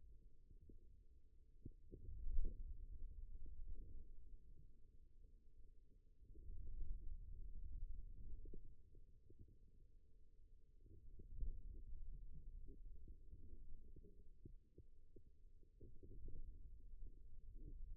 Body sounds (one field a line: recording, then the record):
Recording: forearm muscle sounds (acoustic myography)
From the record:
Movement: radial deviation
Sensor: system 2, bracelet of six BSWA MPA416 microphones around the upper forearm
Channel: 6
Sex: male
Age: 22 years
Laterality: right